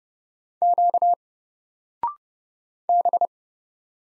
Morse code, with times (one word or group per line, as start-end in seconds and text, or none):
0.6-1.1 Q
2.9-3.3 B